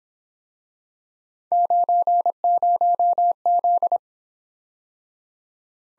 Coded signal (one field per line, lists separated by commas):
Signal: Morse code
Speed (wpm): 26 wpm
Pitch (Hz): 700 Hz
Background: none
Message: 90Z